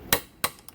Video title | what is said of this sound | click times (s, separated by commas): Polaris 280 Repair | get those last little clicks in. | 0.1 s, 0.4 s